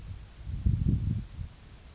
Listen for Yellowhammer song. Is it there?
no